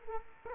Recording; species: mosquito wingbeat signal from an infrared sensor; Culex quinquefasciatus